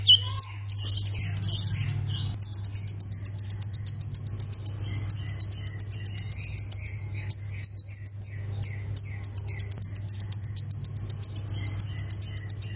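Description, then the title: Plain prinia giving a long, even series of rapid, high, buzzy notes, briefly broken by a thin higher phrase, with a steady low hum. "Ciblek Sawah"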